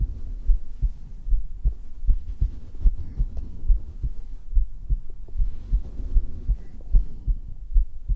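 Normal heart sounds of an adult woman, picked up on bare skin against her chest with a 3Dio microphone: steady, repeating low-pitched heartbeats.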